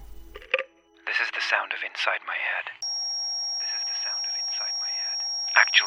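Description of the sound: A steady, high-pitched whine with a faint lower hum starts about three seconds in and runs unbroken beneath ongoing voices to the end. It is a simulation of one person's tinnitus, a constant ringing inside the head heard only in the left ear.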